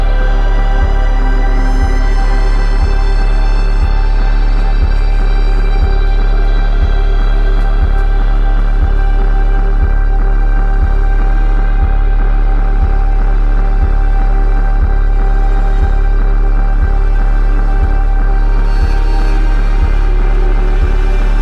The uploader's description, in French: Frottements d'une grosse caisse renversée, nappes synthétiques et spacialisation sonore.